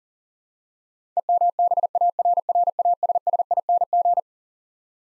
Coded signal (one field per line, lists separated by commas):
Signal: Morse code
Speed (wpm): 37 wpm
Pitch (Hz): 700 Hz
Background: none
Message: EMBARRASSING